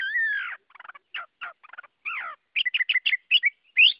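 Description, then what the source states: Chinese hwamei song: a loud whistle, then varied bursts of burry chattering notes and sharp whistled phrases in quick succession. Song in the 'forest voice' (giọng rừng) style.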